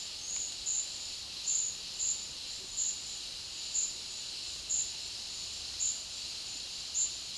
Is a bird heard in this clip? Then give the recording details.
no. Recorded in dense forest near Puerto Asís, Putumayo, Colombia, on 18 February 2024 at 12:00. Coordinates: 0.496, -76.326. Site G6383